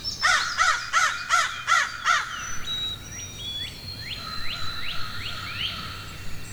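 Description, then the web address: Crow cawing, six harsh caws in quick succession about every third of a second, followed by thin, high chirps of small birds over a soft outdoor hum. Forest ambience with crows calling and other birds chirping. "Wav Junction Sound Effects - Ambience. Ambience Forest Crows Birds Chirping"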